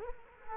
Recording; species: mosquito wingbeat signal from an infrared sensor; Culex quinquefasciatus